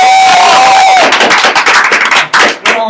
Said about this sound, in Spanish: ¿Ya es todo? Damas y caballeros, ¡un aplauso!